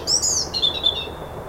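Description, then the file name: European robin giving a brief high phrase: a thin high whistle followed by a lower, wavering trill that fades away. "Erithacus rubecula"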